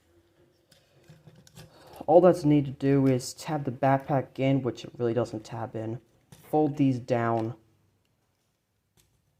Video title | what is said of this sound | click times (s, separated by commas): Transformers Studio Series 99 Voyager Class ROTB Battletrap | should lock into place | 1.5 s